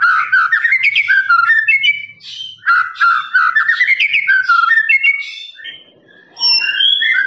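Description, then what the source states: Lovebird song: fast rattling trills and chattering notes in two long bursts separated by a short pause, ending in higher squeaky notes. Lovebird's long ngekek trill, master recording used for training birds.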